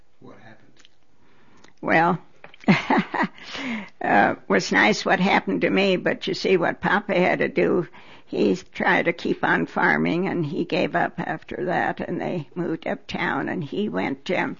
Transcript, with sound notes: What happened?
Well, (She laughs.) it was nice what happened to me but, you see, what papa had to do, he tried to keep on farming and he gave up after that, and they moved uptown, and he went